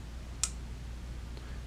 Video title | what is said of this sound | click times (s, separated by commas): The Colt Peacemaker; Model 1873 Single Action Army | to load the Single Action Army you would pull the hammer back two clicks | 0.4 s, 1.4 s